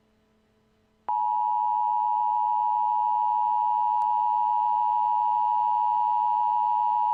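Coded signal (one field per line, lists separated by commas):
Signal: Emergency Alert System (SAME) tones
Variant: 853 and 960 Hz attention tone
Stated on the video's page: Fictional immersive EAS scenario.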